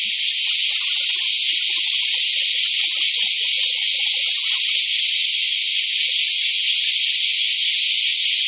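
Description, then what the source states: Bear cicada song, a loud, continuous hissing buzz held steady throughout with only slight wavering in loudness; no other sounds stand out. Recorded 23 July 2011.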